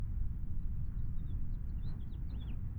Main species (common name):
House Finch